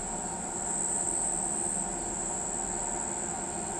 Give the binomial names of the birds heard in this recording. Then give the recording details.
none. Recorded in pastures near Pivijay, Magdalena, Colombia, on 18 April 2023 at 04:00. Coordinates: 10.456, -74.369. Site P6-G026